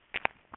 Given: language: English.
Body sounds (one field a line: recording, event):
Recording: throat vibration sensor signal played as sound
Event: swallow